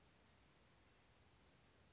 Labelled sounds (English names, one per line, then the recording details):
Western Flycatcher
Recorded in Sonoma County, California